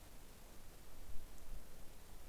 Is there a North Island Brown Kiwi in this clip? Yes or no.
no